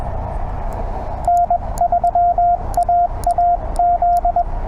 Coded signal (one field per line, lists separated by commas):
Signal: Morse code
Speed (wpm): 21 wpm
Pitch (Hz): 700 Hz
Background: radio noise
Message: N3AAZ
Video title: CW POTA WITH MY TR-35...AND DX TOO! #cw #morsecode #parksontheair